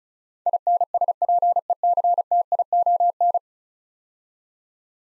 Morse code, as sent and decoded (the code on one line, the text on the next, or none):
.. -. ... .--. . -.-. - .. --- -.
INSPECTION